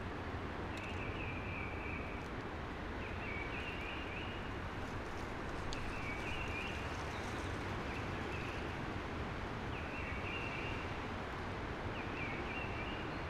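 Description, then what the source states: Eurasian blackbird song: short warbled phrases, each over a second long, repeated about every two to three seconds over a steady rushing hiss like wind in trees. Blackbird singing early, amongst conifers with a hushing sound.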